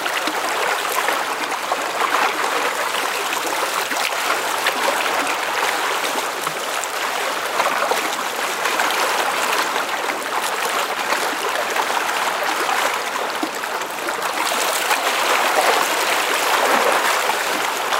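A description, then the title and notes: Water laps steadily against a lakeshore in a dense, continuous wash of small splashes and trickles. The sound stays bright, with little low rumble, and swells slightly in places without any distinct breaking waves. No other sounds stand out. Lake Waves. The gentle lapping of water against the shore.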